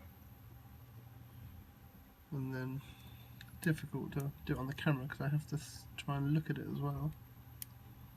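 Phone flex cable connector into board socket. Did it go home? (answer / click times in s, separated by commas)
yes / 7.6 s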